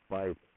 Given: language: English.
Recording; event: throat vibration sensor signal played as sound; speech